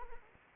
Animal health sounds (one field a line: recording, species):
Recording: mosquito wingbeat signal from an infrared sensor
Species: Anopheles arabiensis